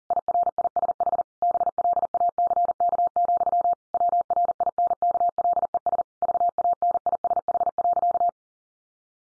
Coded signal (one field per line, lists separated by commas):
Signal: Morse code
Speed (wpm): 40 wpm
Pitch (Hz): 700 Hz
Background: none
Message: IRISH BLACK, WRINKLES VANISH.